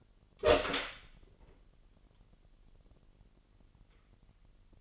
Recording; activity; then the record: daily activity, microphone in the room; open door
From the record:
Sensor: 4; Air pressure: 999.1 hPa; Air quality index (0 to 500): 119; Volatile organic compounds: 2 ppm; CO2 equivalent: 1170 ppm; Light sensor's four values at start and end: 12/29/12/13 and 12/31/12/14